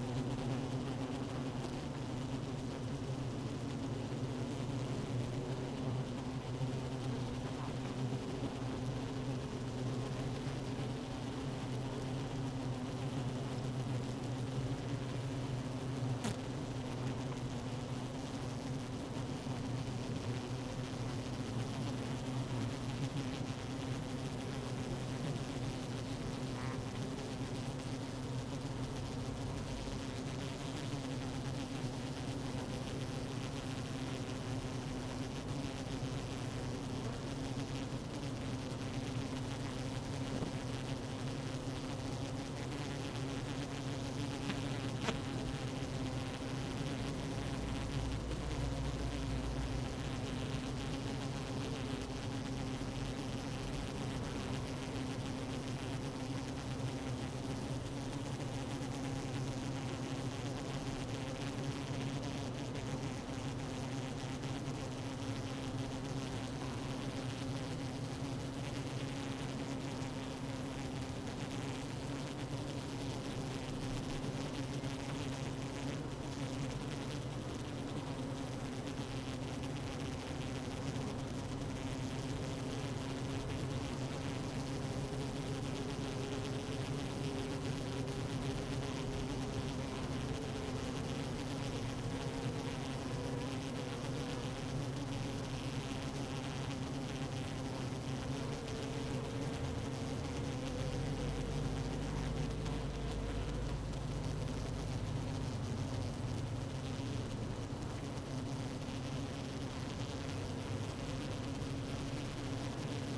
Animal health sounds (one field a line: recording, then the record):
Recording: honeybee colony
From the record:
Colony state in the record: active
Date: 12 June 2018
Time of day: 15:46